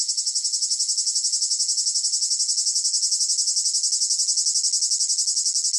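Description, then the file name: Cicada song throughout: a high, piercing buzz chopped into quick, even pulses, without a break. Close-up rhythmic chirping in long phrases with a piercing whine. "gain walkers CICADA Close Up Rhythmic Chirping Long Phrases Piercing Whine"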